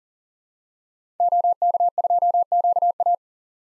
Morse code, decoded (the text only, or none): OK2QA